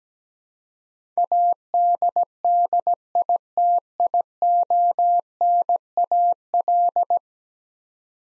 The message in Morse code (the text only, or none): ADDITIONAL